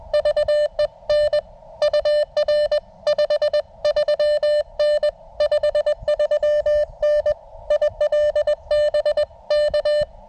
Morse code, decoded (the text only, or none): VE N UR 53N 53N ILB K